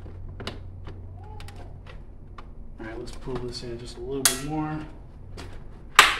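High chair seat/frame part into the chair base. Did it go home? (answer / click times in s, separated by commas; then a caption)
yes / 6.0 s. A Joovy Nook high chair's seat or frame part is pulled a little further into the chair base while someone talks, with a few soft knocks along the way. A sharp, loud snap lands at 6.0 s, and the part is set in place.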